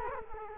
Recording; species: mosquito wingbeat signal from an infrared sensor; Culex quinquefasciatus